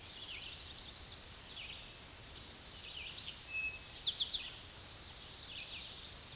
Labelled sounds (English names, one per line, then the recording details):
Eastern Towhee song
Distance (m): 20 m
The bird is about 10 m above the microphone
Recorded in a Pennsylvania forest on 16 May 2024 at 06:45
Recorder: AudioMoth, point MSD-2208
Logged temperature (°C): 15.2 °C
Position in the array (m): 160 m, 98 m